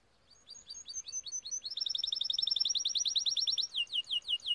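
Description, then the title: Canary song: a few separate slurred chirps speed into a rapid high trill, then shift to slower, downward-sweeping whistled notes. Timbrado canary song used as a training recording. "Canary Bird Singing - Timbrado training video"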